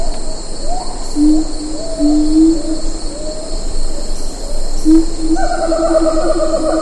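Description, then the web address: Siamang calls: drawn-out hooting notes and short swoops, then louder calls near the end, with a steady high insect hum throughout. "earth naturelibrary assets s si siamang"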